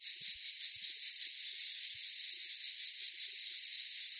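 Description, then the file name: Cicada chorus as a constant high rasping drone with rapid pulsing, and a few faint low clicks scattered throughout. Cicadas in a forest chorus. "gain walkers CICADAS Forest Chorus"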